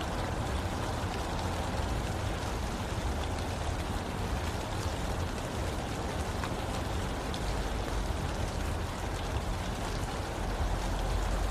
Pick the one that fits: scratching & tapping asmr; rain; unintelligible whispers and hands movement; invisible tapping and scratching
rain